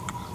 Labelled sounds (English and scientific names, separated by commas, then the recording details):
Green-rumped Parrotlet (Forpus passerinus) babbling
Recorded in a nest box in Venezuela
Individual 18B25A3